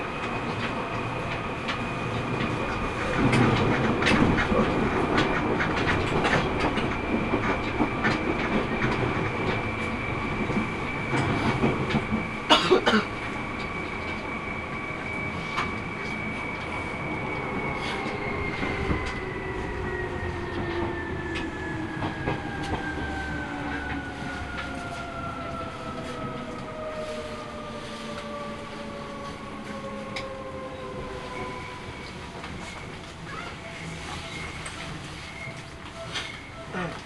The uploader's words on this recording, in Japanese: 耳で楽しむ鉄道旅 西武鉄道 本川越→東村山→小川→萩山→青梅街道。